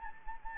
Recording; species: mosquito wingbeat signal from an infrared sensor; Anopheles gambiae